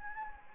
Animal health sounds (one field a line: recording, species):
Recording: mosquito wingbeat signal from an infrared sensor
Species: Anopheles gambiae